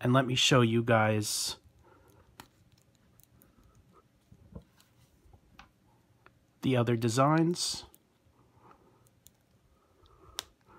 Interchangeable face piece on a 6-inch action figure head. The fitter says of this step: so hopefully you heard that snap into place there